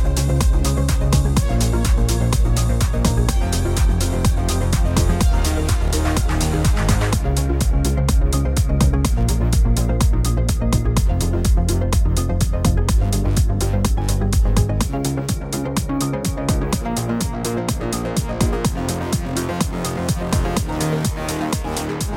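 Techno plays loud throughout, driven by a fast, regular beat with crisp ticking highs over a heavy, sustained bass line. Around seven seconds the top end turns sharper and more clipped, and near fifteen seconds the low notes shift to a new pattern.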